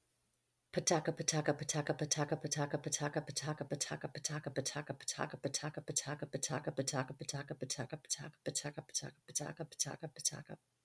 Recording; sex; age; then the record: repeated syllables /pa ta ka/; female; 40 to 49 years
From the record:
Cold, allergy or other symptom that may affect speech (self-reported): no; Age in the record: 49 years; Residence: Michigan, United States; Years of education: 15